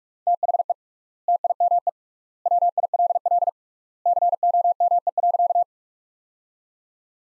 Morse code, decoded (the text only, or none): THE TIME WILL COME.